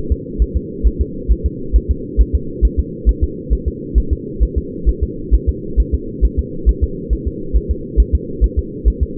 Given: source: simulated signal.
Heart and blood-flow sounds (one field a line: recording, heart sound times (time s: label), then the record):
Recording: fetal heart sounds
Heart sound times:
0.12 s: S2
0.42 s: S1
0.57 s: S2
0.87 s: S1
1.01 s: S2
1.32 s: S1
1.46 s: S2
1.76 s: S1
1.91 s: S2
2.21 s: S1
2.35 s: S2
2.65 s: S1
2.79 s: S2
3.09 s: S1
3.24 s: S2
3.53 s: S1
3.68 s: S2
3.98 s: S1
4.13 s: S2
4.43 s: S1
4.58 s: S2
4.89 s: S1
5.03 s: S2
5.34 s: S1
5.49 s: S2
5.80 s: S1
5.94 s: S2
6.25 s: S1
6.39 s: S2
6.69 s: S1
6.84 s: S2
7.13 s: S1
7.28 s: S2
7.56 s: S1
7.71 s: S2
8.00 s: S1
8.15 s: S2
8.44 s: S1
8.59 s: S2
8.88 s: S1
9.03 s: S2
From the record:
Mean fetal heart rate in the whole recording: 135 bpm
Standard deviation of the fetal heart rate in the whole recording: 3 bpm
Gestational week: 34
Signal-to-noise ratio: -4.3 dB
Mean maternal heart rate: 72 bpm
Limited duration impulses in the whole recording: absent